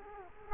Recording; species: mosquito wingbeat signal from an infrared sensor; Culex quinquefasciatus